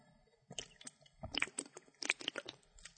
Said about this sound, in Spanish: Y aquí necesito tomar otro trago de agua porque ya se me sacó la garganta de vuelta.